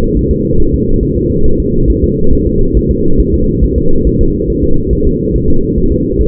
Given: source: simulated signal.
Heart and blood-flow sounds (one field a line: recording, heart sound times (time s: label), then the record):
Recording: fetal heart sounds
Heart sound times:
0.17 s: S1
0.31 s: S2
0.60 s: S1
0.74 s: S2
1.03 s: S1
1.17 s: S2
1.46 s: S1
1.60 s: S2
1.90 s: S1
2.04 s: S2
2.33 s: S1
2.47 s: S2
2.77 s: S1
2.91 s: S2
3.20 s: S1
3.34 s: S2
3.64 s: S1
3.78 s: S2
4.07 s: S1
4.21 s: S2
4.50 s: S1
4.64 s: S2
4.93 s: S1
5.07 s: S2
5.36 s: S1
5.50 s: S2
5.78 s: S1
5.92 s: S2
6.21 s: S1
From the record:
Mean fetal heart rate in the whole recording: 140 bpm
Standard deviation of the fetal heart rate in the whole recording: 2 bpm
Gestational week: 34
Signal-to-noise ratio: -19.1 dB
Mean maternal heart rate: 72 bpm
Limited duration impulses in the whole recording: present